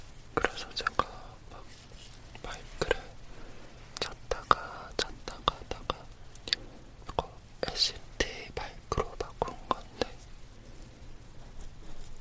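Syringe handling: irregular sharp clicks and brief squeaky scrapes every half second or so, over a faint low hum.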